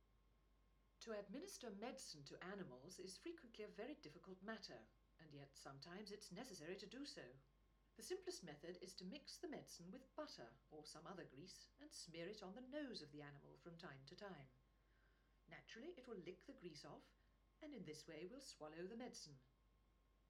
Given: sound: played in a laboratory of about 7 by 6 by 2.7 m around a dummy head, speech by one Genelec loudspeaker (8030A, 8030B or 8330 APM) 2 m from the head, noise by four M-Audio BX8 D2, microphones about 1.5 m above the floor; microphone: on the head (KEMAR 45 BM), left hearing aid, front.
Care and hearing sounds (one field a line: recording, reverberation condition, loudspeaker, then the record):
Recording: female speech in English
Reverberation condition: low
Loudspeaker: 90 degrees to the left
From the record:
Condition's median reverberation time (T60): about 310 ms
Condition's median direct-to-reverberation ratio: about 3.5 dB